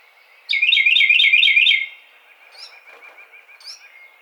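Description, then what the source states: Carolina wren delivers a rapid scratchy rattle for over a second, followed by two faint, softer high notes afterward. Recorded 30 April 2009.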